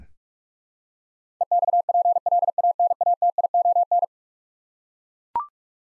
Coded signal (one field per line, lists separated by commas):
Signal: Morse code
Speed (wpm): 42 wpm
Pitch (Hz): 700 Hz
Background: none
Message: EXPLANATION